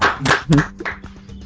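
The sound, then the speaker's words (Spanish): A brief burst of applause, harsh and distorted as if overloading the microphone, fading within about half a second into a low steady hum with a few faint clicks. “Ahí creo que sonaba como un poco saturado el micrófono, pero era el aplauso.”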